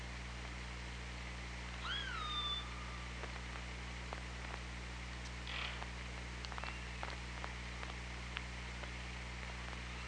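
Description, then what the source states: Orca calls: a harmonic call that rises then falls early on, and a fainter call later, over steady hydrophone hiss, low hum and scattered clicks. OrcaLab hydrophone, 24 August 2017, 16:07.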